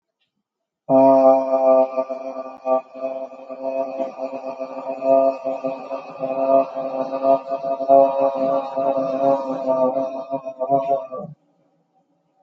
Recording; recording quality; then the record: sustained vowel as in made; excellent, no background noise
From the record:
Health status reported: healthy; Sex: male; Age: 30 years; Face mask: not worn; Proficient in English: yes